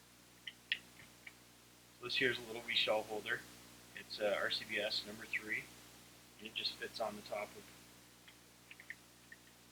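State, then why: Seated. A small metal RCBS number 3 shell holder is handled and pushed onto the top of a reloading press ram while someone talks, with a few light taps near the start and after the talking. It snaps into place with a sharp click at 8.9 s and is seated.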